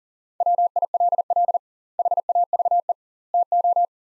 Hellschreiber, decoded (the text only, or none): none